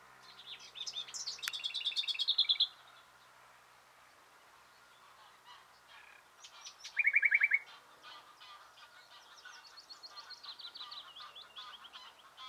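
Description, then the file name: Common nightingale song heard over a hissy background: a buzzy trilled phrase, a long quiet gap, then a short loud rattle and softer twittering. "Luscinia megarhynchos"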